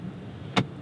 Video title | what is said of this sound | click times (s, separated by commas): 👉 2019 RAM 1500 Rebel - Ultimate In-Depth Look in 4K | Pull it back, snap it there, solid. | 0.6 s